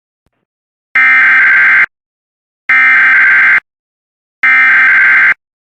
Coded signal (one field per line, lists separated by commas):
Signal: Emergency Alert System (SAME) tones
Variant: header bursts